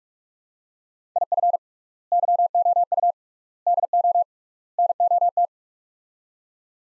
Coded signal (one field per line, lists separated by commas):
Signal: Morse code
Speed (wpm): 47 wpm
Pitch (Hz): 700 Hz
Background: none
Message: IF YOU DO NOT